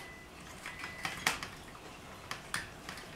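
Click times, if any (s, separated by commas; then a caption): 1.3 s. A mini-blind mounting clip is hooked in at the top and then pushed so its bottom snaps onto the blind headrail. Several light clicks and taps are heard, and the sharpest, loudest snap at 1.3 s seats the clip in place. A few more clicks follow at about 2.3 and 2.5 seconds.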